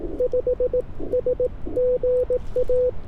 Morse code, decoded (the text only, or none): 5 S GA